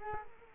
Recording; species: mosquito wingbeat signal from an infrared sensor; Culex quinquefasciatus